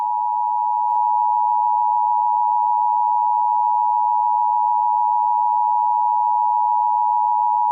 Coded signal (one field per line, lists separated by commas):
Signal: Emergency Alert System (SAME) tones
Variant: 853 and 960 Hz attention tone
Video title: EAS Scenario: The Blood Moon Nightmare #easscenario #bloodmoon